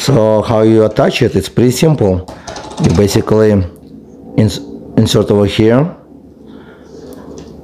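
An air vent clip is inserted and lined up on the back of the plastic mount of a Joyroom wireless magnetic phone car charging holder (MagSafe) while someone talks. Only light handling sounds follow, with two faint taps near 7.1 and 7.4 seconds. Nothing has been pushed home or clicked yet.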